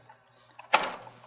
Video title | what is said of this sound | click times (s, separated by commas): Setting up TitroLine 7000 titrator - SI Analytics | before you click it into place | 0.7 s